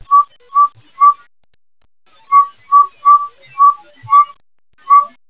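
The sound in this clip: Northern saw-whet owl giving whistled toots on one pitch: three notes, a pause, then six more in a series.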